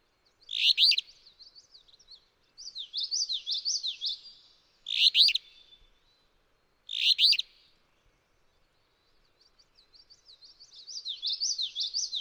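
Alder flycatcher singing a harsh, buzzy phrase three times, loud and abrupt, alongside longer runs of high, slurred, wavering notes from a second bird.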